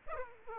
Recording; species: mosquito wingbeat signal from an infrared sensor; Aedes aegypti